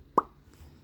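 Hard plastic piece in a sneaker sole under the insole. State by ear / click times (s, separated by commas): released / 0.2 s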